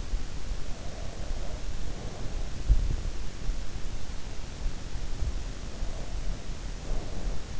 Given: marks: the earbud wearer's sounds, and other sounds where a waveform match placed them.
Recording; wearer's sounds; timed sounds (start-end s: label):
sounds in sleep by an in-ear microphone; breath
0.78-2.56 s: breath
5.60-7.60 s: breath